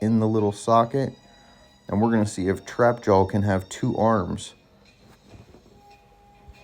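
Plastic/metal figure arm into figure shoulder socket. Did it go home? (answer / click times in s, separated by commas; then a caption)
no / none. Someone talks while lining up a metal robot arm and hand with the little shoulder socket on a Turtles of Grayskull deluxe Trap Jaw action figure from a Target exclusive deluxe pack, before pressing it in. Speech fills the first 4.4 seconds, followed by quiet, faint handling noises until the end. Nothing has seated or clicked yet.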